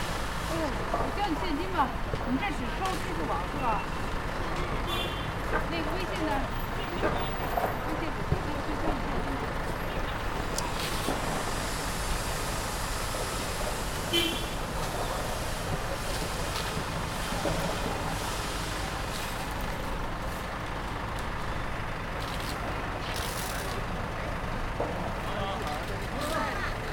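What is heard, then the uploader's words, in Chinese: Waiting for someone at the south gate of Peking University: a steady city roar of passing traffic fills the whole clip at an even level. Voices murmur through it, and short clicks and knocks pop up now and then, with a brighter swell around eleven seconds. 仿佛在北大南门等人｜城市声音。气温在1度左右。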